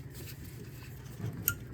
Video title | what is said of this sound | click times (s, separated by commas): Ford Superduty/Excursion 6.8L V10 Oil Filter Adapter Gasket Replacement How-To | make sure you hear that click | 1.5 s